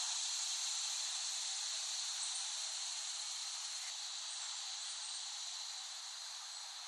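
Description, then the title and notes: Cicadas in a dense, steady buzzing chorus, a continuous hiss-like drone that fades slightly toward the end. Cicadas recorded by Dan Bodah in West Brighton, Staten Island, late summer 2008. "Dronecast: The Cicadas of Summer. Recording of cicadas made by Dan Bodah in West Brighton, Staten Island, late summer 2008"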